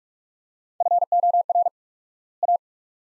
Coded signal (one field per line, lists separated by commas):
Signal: Morse code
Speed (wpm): 47 wpm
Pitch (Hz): 700 Hz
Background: none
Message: FOR A